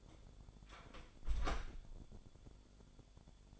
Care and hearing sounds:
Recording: daily activity, microphone in the room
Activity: close door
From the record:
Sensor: 5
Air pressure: 1015.3 hPa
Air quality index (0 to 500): 206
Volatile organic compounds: 10 ppm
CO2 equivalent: 2238 ppm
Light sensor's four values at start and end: 32/72/29/27 and 30/69/27/25

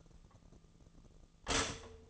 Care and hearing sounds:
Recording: daily activity, microphone in the room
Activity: stop toaster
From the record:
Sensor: 4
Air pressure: 1010.0 hPa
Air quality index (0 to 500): 181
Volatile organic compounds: 5 ppm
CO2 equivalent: 1833 ppm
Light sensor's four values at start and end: 23/68/27/27 and 22/68/26/26

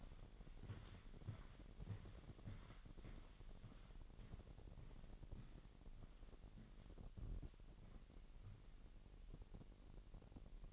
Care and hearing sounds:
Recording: daily activity, microphone in the room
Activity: walk to room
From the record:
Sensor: 4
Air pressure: 1013.0 hPa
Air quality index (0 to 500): 245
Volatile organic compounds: 4 ppm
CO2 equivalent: 1631 ppm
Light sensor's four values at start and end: 24/59/23/25 and 32/78/32/32

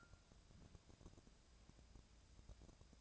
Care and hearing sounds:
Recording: daily activity, microphone in the room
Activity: take from stove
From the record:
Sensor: 2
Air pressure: 999.8 hPa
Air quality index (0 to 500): 124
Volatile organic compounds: 2 ppm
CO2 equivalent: 1069 ppm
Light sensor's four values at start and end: 35/87/38/43 and 36/87/38/43

